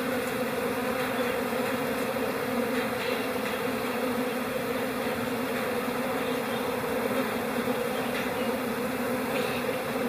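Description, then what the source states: Honey bees humming inside a hive, a dense continuous buzzing drone that stays even throughout. Honey bee hive chatter, in April.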